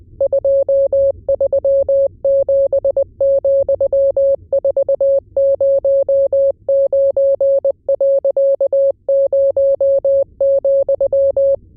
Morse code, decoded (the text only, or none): 237,409.0,